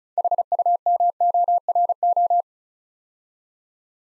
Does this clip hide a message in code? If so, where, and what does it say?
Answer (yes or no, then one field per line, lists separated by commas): yes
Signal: Morse code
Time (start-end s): 0.2-2.4 s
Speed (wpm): 36 wpm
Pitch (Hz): 700 Hz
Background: none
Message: HUMORO